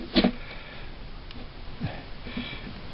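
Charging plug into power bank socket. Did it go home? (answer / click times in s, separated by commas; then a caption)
no / none. A small charging plug is fumbled and lined up against the socket of a cheap power bank. There is a brief rustle near the start, faint scraping and a tiny tick around 1.3 s, then soft low knocks later on. The plug has not seated or clicked in yet.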